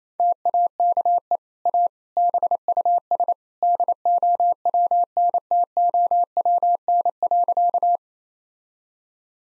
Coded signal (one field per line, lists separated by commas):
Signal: Morse code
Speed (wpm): 28 wpm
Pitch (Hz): 700 Hz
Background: none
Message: TAKE A BUS DOWNTOWN.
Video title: Easy Sentences with Hints - 28wpm